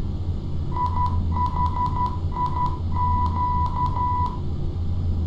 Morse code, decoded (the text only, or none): IHIQ